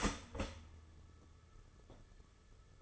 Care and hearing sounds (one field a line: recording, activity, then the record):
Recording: daily activity, microphone in the room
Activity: start toaster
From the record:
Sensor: 4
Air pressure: 995.4 hPa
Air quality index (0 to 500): 215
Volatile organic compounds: 252 ppm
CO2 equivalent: 4365 ppm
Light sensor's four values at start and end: 27/83/32/34 and 27/83/32/33